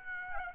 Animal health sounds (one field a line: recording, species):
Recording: mosquito wingbeat signal from an infrared sensor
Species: Aedes aegypti